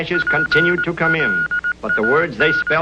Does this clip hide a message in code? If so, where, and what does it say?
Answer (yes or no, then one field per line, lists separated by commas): yes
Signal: Morse code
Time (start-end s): 0.2-2.7 s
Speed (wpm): 18 wpm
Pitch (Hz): 1440 Hz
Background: speech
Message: PLAN